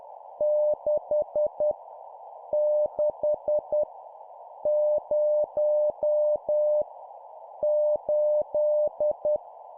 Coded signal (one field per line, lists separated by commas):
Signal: Morse code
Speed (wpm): 10 wpm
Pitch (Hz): 600 Hz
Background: none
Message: 6 6 0 8